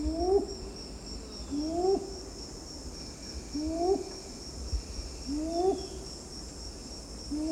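Red-billed ground cuckoo calls: a series of low hoots rising then falling, repeated roughly every two seconds, with a continuous high insect drone in the background.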